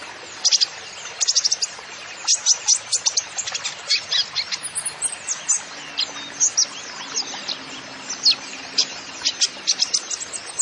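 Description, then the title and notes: Kolibri ninja singing a long, energetic stream of high chips and squeaky twitters in quick clusters with brief gaps. Masteran recording for training songbirds, bird singing vigorously (gacor) with full fill-in phrases (isian) and bursts (tembakan), suited as a lure (pancingan) to prompt other birds. "MASTERAN KOLIBRI NINJA TERBAIK FULL ISIAN DAN TEMBAKAN MEWAH COCOK BUAT PANCINGAN. Suara Burung Kolibri Ninja Gacor"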